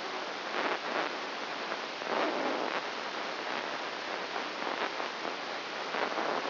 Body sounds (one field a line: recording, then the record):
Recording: brain microelectrode recording played as sound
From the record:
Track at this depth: inside the subthalamic nucleus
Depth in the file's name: 1.98 mm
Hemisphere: left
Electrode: 1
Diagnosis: Parkinson's disease